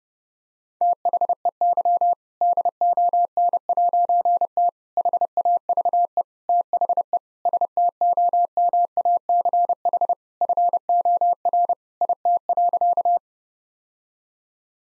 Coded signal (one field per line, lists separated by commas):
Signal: Morse code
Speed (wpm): 28 wpm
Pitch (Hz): 700 Hz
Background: none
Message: THEY DON'T HAVE THE STOMACH FOR IT.